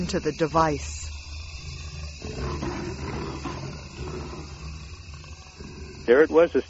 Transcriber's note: jaguar growl